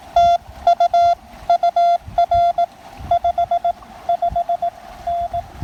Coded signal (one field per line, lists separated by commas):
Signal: Morse code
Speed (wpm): 16 wpm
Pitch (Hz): 690 Hz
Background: none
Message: TU UR 55N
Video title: A windy, creekside QRP activation of Pisgah National Forest with the TX-500, ZM-2, and PackTenna 9:1